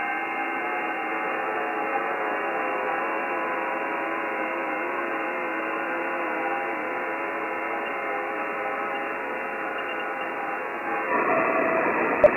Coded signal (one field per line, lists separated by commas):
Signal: FT8